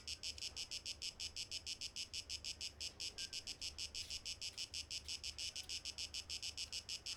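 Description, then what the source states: Cicada song of fast, rhythmic buzzy pulses, high and metallic, continuing steadily throughout over a soft low hum. 12 August 2023.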